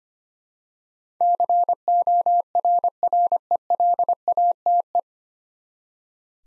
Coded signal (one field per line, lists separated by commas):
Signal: Morse code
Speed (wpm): 25 wpm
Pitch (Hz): 700 Hz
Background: none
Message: CORRELATE